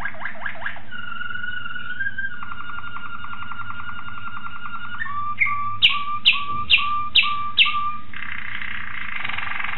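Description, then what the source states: Waterslager canary song: quick rising notes, sustained two-tone fluted phrases, a fast rattling tour, then five loud upslurred whistles and a dense buzzy roll, over a faint hum. Waterslager canary; song variations.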